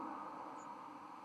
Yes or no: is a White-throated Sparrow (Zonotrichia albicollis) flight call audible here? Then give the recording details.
no. Another species' flight call is heard. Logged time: 03:22 on 31 October 2014